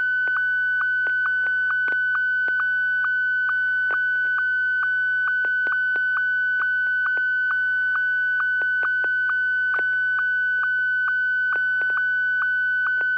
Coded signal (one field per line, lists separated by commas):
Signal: SSTV (slow-scan television)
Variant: Martin 1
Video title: N6NA SSTV Net - 02/21/2024